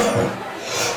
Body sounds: coughing mixed with background sound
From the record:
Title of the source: Cough Around the Clock!

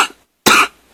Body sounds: coughing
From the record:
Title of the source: 64 coughing, allergies, singing lungs

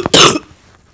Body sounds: coughing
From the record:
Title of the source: Wet coughing

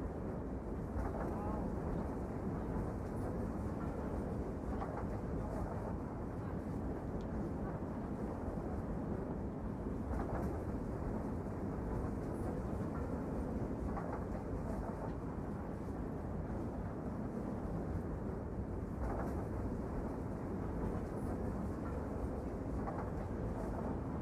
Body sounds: background sound without coughing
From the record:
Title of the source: Train Ride Ambience ambient white noise for sleeping, focus, studying, reading

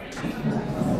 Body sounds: background sound without coughing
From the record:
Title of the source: 60 minutes of coffee shop sounds for study and concentration

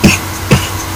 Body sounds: coughing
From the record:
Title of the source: Dry Coughing Fit in the Afternoon.

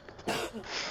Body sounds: coughing mixed with background sound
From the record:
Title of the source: 61 morning phlegmy cough...again

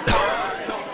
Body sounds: coughing mixed with background sound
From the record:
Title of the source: Coughing 51

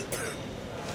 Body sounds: coughing mixed with background sound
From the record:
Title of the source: 34 coughing up crap again

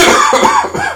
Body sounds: coughing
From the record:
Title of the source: Spring Cold Coughing 2

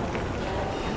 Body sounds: background sound without coughing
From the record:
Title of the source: Train Station Sounds Paris

